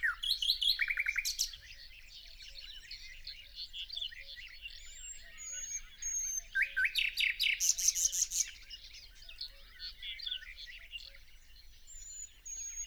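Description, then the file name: Common nightingale song: loud rapid repeated trills and churring bursts between softer varied phrases, high thin whistles, with other birds chattering faintly in the background. "Luscinia megarhynchos"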